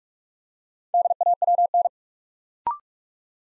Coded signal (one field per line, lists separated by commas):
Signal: Morse code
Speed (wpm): 44 wpm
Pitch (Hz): 700 Hz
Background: none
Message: DAWN